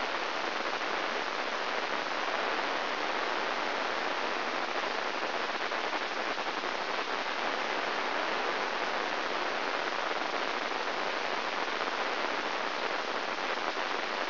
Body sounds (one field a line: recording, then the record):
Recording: brain microelectrode recording played as sound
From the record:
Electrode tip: inside the subthalamic nucleus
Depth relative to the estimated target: -2.5 mm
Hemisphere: right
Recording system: AlphaMap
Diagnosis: Parkinson's disease